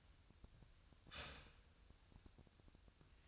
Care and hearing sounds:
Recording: daily activity, microphone in the room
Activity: start toaster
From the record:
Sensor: 2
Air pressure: 1001.8 hPa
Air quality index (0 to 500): 246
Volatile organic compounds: 38 ppm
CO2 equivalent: 3108 ppm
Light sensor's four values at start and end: 10/31/12/12 and 10/31/12/12

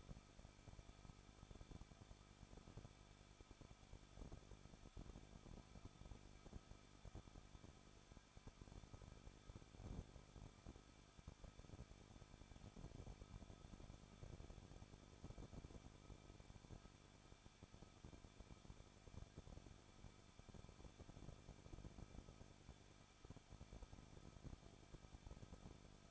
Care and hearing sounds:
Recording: daily activity, microphone in the room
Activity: no activity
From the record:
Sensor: 5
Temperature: 20.7 degrees Celsius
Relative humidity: 38.6%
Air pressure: 1006.5 hPa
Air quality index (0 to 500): 192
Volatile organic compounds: 21 ppm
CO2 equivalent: 2717 ppm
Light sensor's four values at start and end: 2/3/1/1 and 2/3/1/1

